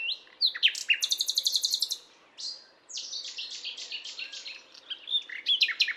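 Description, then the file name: Common nightingale song: rich varied phrases, a fast rattling trill of repeated high notes, pauses, then rapid sharp chirps and whistles. "Luscinia megarhynchos"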